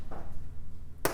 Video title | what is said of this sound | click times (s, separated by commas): How-To: YZ125 GYTR Jet Kit Install 2022-2025 - Eliminate the BOG! | quick little tip is to clip it in is just push it down on a flat surface like that, and you hear it click. | 1.1 s